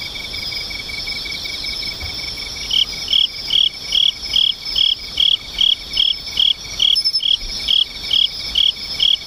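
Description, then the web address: Insect chirping that begins after nearly three seconds of steady chorus, then repeats two to three times a second, many bright chirps over a constant high trilling backdrop. "nishikawa 201110 mushinokoi"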